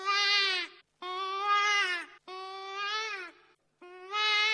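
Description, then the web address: Hare giving long, nasal, wailing screams, each lasting about a second, with short silent gaps between them. "urlo di lepre"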